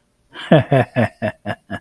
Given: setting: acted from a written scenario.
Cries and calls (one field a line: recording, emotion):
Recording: vocal sound without words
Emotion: contentment